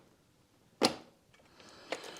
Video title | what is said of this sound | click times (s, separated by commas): Freedare Saiga E Bike #Freedare #ebike #electricbike | okay when you turn it there's a click | 0.9 s